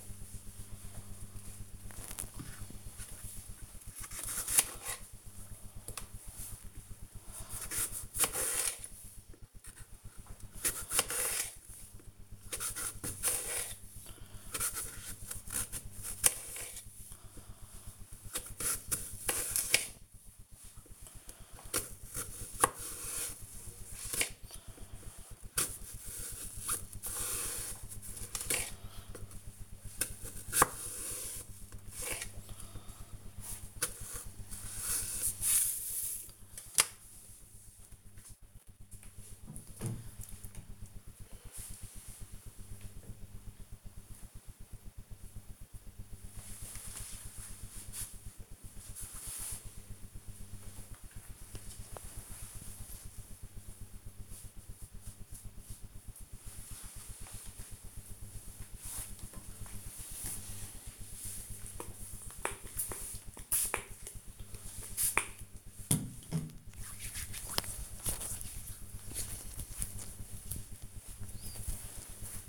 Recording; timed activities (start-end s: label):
household activities, microphone on the right wrist
0.00-35.85 s: cutting vegetables
59.00-72.49 s: disinfecting hands